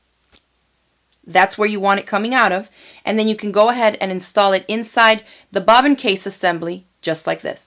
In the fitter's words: it down and around and I want it to come out through this open slot here you'll hear it snap